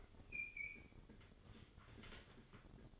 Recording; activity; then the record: daily activity, microphone in the room; open fridge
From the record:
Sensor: 4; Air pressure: 1008.6 hPa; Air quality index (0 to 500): 75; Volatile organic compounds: 1 ppm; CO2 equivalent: 632 ppm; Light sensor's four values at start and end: 14/31/13/13 and 13/29/12/12